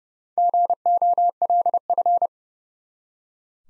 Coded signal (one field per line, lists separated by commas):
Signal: Morse code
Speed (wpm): 32 wpm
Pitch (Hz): 700 Hz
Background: none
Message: GOLF